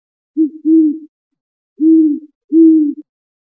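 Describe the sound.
Great horned owl gives low, muffled hoots, a brief note leading into a longer one, then after a gap two further sustained hoots.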